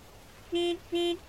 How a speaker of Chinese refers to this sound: 直到被一声鸣笛吵醒，他惊得慌忙抬头去寻声源，前面公交车道外停一辆黑色车，车窗全落，周迷眯眼去看。